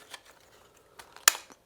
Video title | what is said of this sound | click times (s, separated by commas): Parrot ANAFI UKR GOV review | Attaches it in and then we turn these knobs and it locks it in place just like that. | 1.3 s